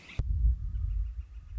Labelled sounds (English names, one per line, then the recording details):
Northern Flicker
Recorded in Sonoma County, California